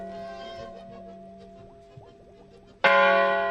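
Church bells ringing: a resonant, humming tone lingers and slowly fades, then a fresh loud clang strikes near the end with a bright, ringing shimmer of overtones.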